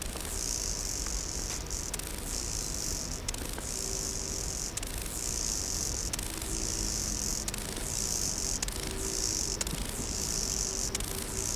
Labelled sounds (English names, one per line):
Lesser Marsh Grasshopper stridulation